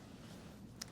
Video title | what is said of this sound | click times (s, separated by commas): 2023 Kia Carnival EX+ vs. 2022 Kia Telluride SX - Technology and Styling Differences! | it'll lock into place | 0.8 s